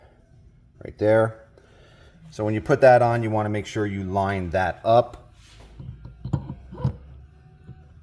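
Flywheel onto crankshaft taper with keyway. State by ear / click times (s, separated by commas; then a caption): not seated / none. Someone talks while a flywheel is lined up so its keyway notch meets the key on the crankshaft taper, before it is pushed into place. Faint handling taps follow the talk, and nothing has seated or clicked yet.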